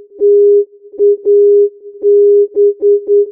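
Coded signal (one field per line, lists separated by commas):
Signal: Morse code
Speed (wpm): 9 wpm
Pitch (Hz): 410 Hz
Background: music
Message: TAB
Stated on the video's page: Non-directional beacon on AM 323 kHz; carrier 4 Hz below 323 kHz, sidebands at ±408 Hz instead of the usual ±400 Hz.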